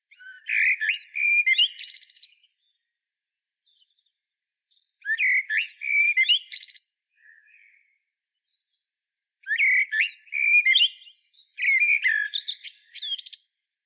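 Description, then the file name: Common blackbird song: low fluted warbling phrases, each ending in a high, thin twitter, with pauses of a few seconds between them. "Turdus merula"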